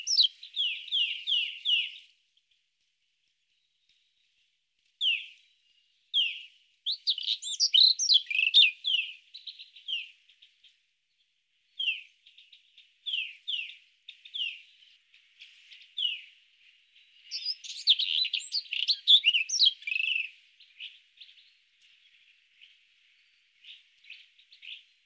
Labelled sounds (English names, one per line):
White-throated Robin song